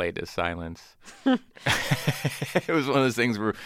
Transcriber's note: laughter